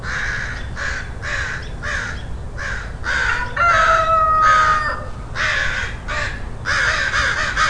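Crow cawing repeatedly, harsh rasping caws in quick series, with a longer flat, drawn-out call in the middle, over low rumble.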